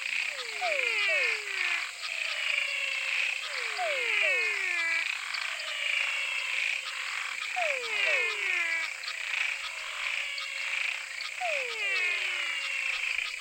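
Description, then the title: Frog chorus of downward-gliding calls, usually two or three together, repeating every few seconds above a constant high trilling backdrop. Frog chorus recorded in Mato Grosso. "Choeur de grenouilles (Mato Grosso)"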